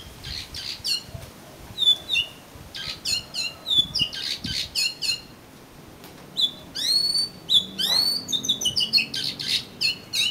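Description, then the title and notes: Oriental magpie-robin singing a busy stream of short chirps and whistles, including loud upward-sweeping notes in the second half. "suara kacer. kumpulan suara burung kacer"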